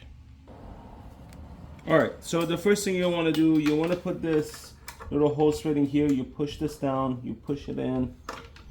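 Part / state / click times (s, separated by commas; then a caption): plastic fitting/adapter into hand fluid pump / not seated / none. A small plastic fitting is pushed down and in on a manual hand fluid pump being set up for transmission oil. Someone talks throughout over a low background hiss, with brief faint ticks near 1.3 s and 8.6 s. Nothing has snapped or seated yet by the end of the clip.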